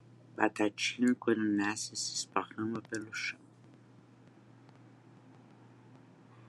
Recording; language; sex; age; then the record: short text; Brazilian Portuguese; female; 60 to 69 years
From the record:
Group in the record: control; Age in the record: 62 years